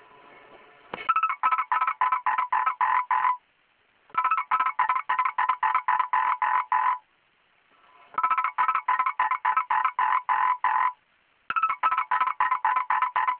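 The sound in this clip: Frog calling in four rattling trains of rapid pulsed croaks, each lasting about two to three seconds and separated by short silent gaps.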